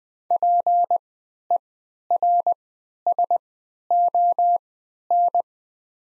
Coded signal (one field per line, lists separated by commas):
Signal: Morse code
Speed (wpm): 20 wpm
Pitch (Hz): 700 Hz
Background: none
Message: PERSON